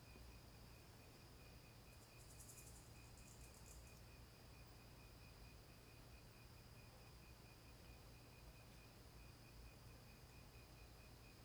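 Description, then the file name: Crickets trilling continuously in a steady high pulse, with a brief hissy rustle early on and a constant low background rumble. Night ambience in scrubland. "Ambiencia matagal a noite com grilos, morcegos e cachorros longe"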